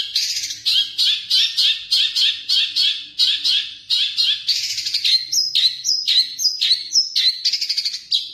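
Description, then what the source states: Long-tailed shrike singing a fast run of repeated scratchy notes, several per second, followed by sharp downslurred whistles and mixed chirps. Song of the style called kombinasi (combination song).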